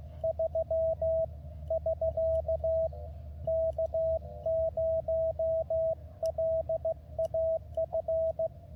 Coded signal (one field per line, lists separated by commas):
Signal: Morse code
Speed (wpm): 16 wpm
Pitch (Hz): 650 Hz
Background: radio noise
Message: 3 <SK> K0LAF